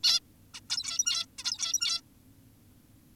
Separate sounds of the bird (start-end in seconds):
0.04-0.20, 0.54-0.61, 0.70-1.26, 1.39-2.01